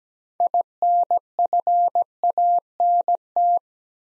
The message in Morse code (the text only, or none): INFANT